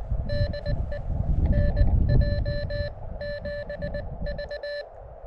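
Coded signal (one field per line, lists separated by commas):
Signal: Morse code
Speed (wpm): 20 wpm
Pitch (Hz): 1750 Hz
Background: none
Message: DE NJ7V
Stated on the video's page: Summits On The Air activation on three Arizona summits, with an HT radio.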